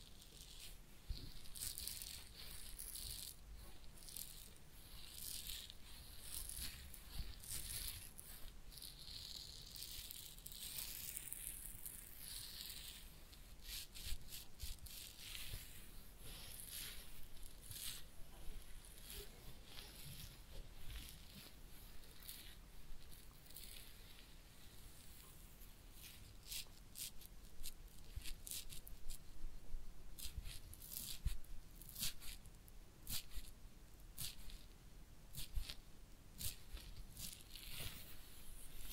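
Crackly rubbing and scratching of a head massage and ear cleaning, with dense bright crinkles that thicken toward the end.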